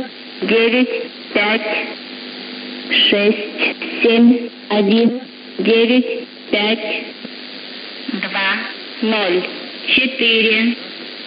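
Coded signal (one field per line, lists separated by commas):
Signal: numbers station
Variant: S06s, Russian female voice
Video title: 20 01 2022 Number station S06s Russian Lady in Russian to Eu 0940 on 9540 unknown tx site in CUSB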